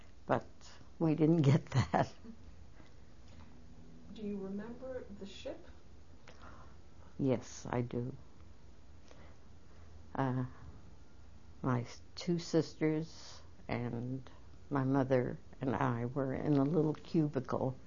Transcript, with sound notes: But we didn't get that (she laughs)
Do you remember the ship?
Yes I do. My two sisters and my mother and I were in a little cubicle